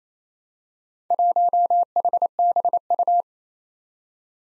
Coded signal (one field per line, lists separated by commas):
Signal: Morse code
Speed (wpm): 28 wpm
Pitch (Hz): 700 Hz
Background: none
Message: 1HBU